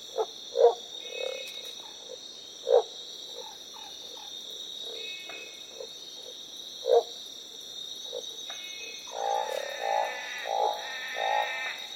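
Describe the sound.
Northern barred frog croaks: scattered sharp notes at first, then a harsher, rasping series toward the end, over a continuous high-pitched buzz.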